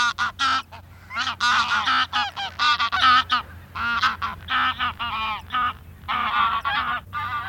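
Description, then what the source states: Greylag goose: greylag geese honking and cackling in a noisy flock, overlapping nasal calls in bursts with brief pauses, many birds calling at once. Greylag geese calling as a colony (Russian: базар, 'bazaar').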